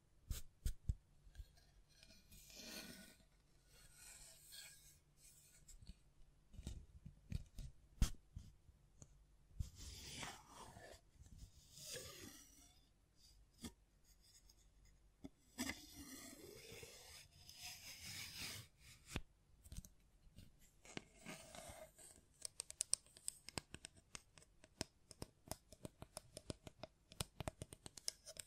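Tapping, scratching and brushing against a microphone, with sharp irregular clicks throughout and longer hissy rubbing swells around 10, 16 and 21 seconds.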